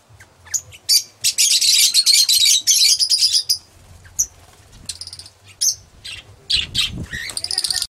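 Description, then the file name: Lovebird song of sharp, high chirps, with a loud continuous chattering burst early on, then scattered separate squeaks and short twittering phrases. "lovebird omkicau"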